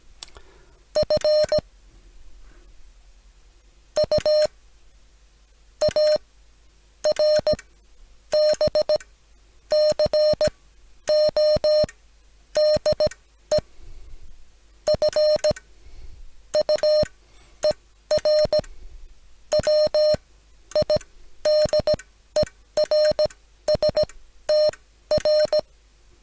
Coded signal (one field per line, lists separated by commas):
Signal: Morse code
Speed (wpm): 17 wpm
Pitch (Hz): 610 Hz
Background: none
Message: FUARBCODE FUER WIDERSTR